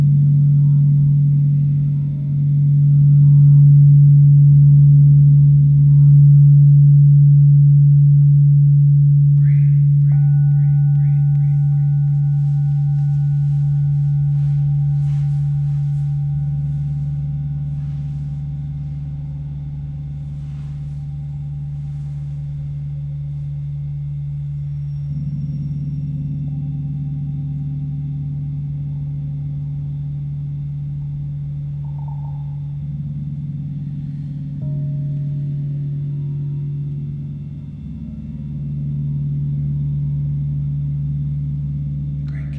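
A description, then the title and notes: Singing bowls hum in a deep, steady drone that swells and shifts in layers, with thin high tones and soft chimes entering around ten seconds. Sound Bath with Moses Love at Tropical Yoga in Miami Beach, Florida.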